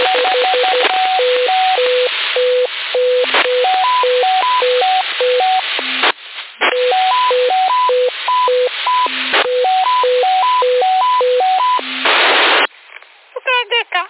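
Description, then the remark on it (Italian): A toy trumpet tooting a simple stepped tune of short notes through a hissy, band-limited CB radio transmission in Sassari, May 2019. The tune repeats twice, broken by static bursts, and ends with rapid chirps. “La trombetta ce l'hai?”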